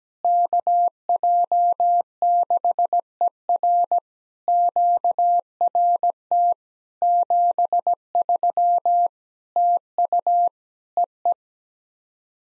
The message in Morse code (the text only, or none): KJ6ER QRT 73 TU EE